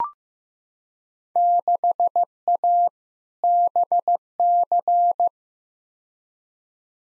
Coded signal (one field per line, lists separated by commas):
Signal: Morse code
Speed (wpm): 15 wpm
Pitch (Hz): 700 Hz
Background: none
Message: 6A BC